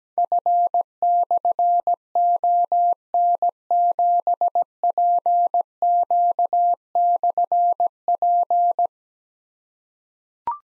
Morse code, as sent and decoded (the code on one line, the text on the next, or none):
..-. -..-. --- -. --... .--. --.- -..-. .--.
F/ON7PQ/P